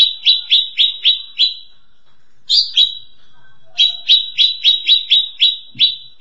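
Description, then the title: Grey-cheeked bulbul song: quick series of crisp, downslurred chirps broken by brief pauses, with a higher note midway. "Kicau Burung Cucak Jenggot"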